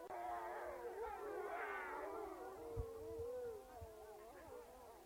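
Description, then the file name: Italian wolf: several wolves howling at once, tangled wavering howls, one clear steady howl in the middle, chorus thinning toward the end. Apennine wolf (Canis lupus italicus), a pack howling together. "ululato branco lupo appenninico canis lupus italicus wolf wolves lobo loup"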